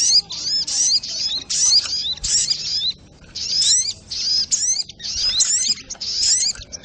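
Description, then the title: Little Spiderhunter song of dense, high chatter and sweeping notes, one longer pause midway, then more rapid bursts. Masteran (training) recording of a sogok ontong, labelled Labaik. "Masteran Burung Sogok Ontong Labaik"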